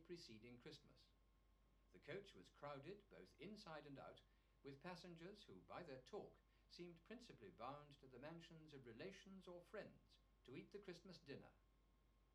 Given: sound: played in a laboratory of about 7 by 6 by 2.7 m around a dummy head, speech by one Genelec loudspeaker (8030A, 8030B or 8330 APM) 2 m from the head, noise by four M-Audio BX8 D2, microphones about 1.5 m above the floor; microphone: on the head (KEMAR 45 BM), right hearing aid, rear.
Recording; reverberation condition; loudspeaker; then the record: male speech in English; low; 90 degrees to the right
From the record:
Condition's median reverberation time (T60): about 310 ms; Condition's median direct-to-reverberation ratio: about 3.5 dB